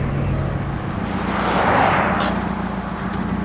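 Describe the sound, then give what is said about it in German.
A car drives off the motorway at a rest stop with a steady low engine hum and broad road roar, the noise swelling briefly midway and then easing off. No one speaks. “An der nächsten Raststätte fuhr ich raus”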